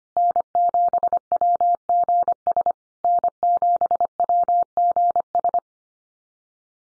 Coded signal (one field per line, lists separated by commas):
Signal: Morse code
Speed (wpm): 25 wpm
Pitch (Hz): 700 Hz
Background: none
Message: N7WGS N7WGS